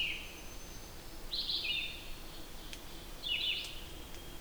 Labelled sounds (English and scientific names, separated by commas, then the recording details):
Red-eyed Vireo (Vireo olivaceus) song
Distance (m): 30 m
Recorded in boreal forest in Alberta, Canada, on 8 June 2016 at 07:57
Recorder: SongMeter 3, array SBT-3-9
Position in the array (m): 10 m, 113 m